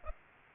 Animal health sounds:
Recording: mosquito wingbeat signal from an infrared sensor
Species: Aedes aegypti

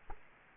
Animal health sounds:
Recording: mosquito wingbeat signal from an infrared sensor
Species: Culex quinquefasciatus

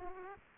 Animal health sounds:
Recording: mosquito wingbeat signal from an infrared sensor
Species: Aedes aegypti

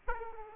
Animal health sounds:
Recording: mosquito wingbeat signal from an infrared sensor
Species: Aedes aegypti

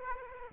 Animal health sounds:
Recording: mosquito wingbeat signal from an infrared sensor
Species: Aedes aegypti

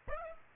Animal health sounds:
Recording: mosquito wingbeat signal from an infrared sensor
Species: Aedes aegypti

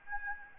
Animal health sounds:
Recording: mosquito wingbeat signal from an infrared sensor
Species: Aedes albopictus

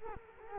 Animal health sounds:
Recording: mosquito wingbeat signal from an infrared sensor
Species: Culex quinquefasciatus

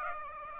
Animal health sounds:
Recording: mosquito wingbeat signal from an infrared sensor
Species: Aedes aegypti

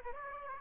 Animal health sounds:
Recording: mosquito wingbeat signal from an infrared sensor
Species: Aedes aegypti

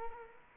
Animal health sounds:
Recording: mosquito wingbeat signal from an infrared sensor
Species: Culex quinquefasciatus

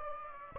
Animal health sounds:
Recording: mosquito wingbeat signal from an infrared sensor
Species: Aedes aegypti

